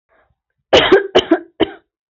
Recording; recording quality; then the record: shallow voluntary cough; excellent, no background noise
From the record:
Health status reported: healthy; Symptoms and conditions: none ticked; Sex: female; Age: 25 years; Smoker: not ticked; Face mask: not worn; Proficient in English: yes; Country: India